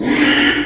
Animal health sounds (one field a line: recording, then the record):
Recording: squeal of a Yucatan mini pig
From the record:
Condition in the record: after surgery on the right vocal fold (resection and tissue-engineered implant)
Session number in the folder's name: 3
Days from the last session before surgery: 33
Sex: male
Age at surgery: 12 weeks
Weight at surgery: 13 kg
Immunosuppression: cyclosporine, prednisolone